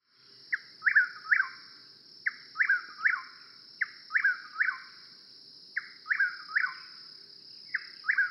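Chuck-will's-widow repeating its rhythmic three-part whistled phrase five times at steady intervals, the final note dropping, over a steady high drone.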